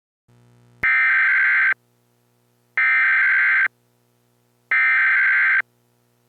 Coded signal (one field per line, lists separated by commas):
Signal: Emergency Alert System (SAME) tones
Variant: header bursts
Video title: EAS Mock Scenario: Southeast Comet